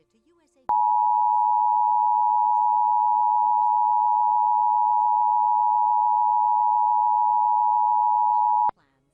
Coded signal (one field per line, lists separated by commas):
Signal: Emergency Alert System (SAME) tones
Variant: 853 and 960 Hz attention tone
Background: speech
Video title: National EAS Test Compilation (August 7, 2019, NYC)